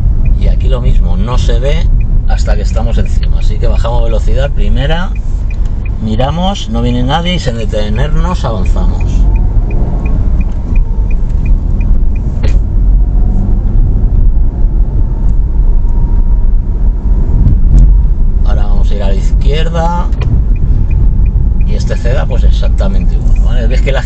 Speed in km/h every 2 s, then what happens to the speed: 18, 12, 5, 5, 16, 19, 27, 32, 32, 31, 28, 22.
0-4 slows to 5. 6-16 speeds up to 32. 16-24 slows to 22.